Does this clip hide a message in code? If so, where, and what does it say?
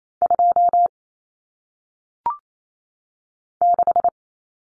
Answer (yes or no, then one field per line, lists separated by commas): yes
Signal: Morse code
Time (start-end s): 0.2-4.1 s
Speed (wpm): 28 wpm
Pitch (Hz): 700 Hz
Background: none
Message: 2 6